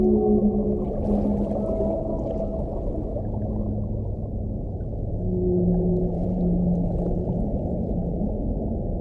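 Whale calls underwater, several drawn-out tonal moans at low and middle pitch over a continuous dense rumbling background.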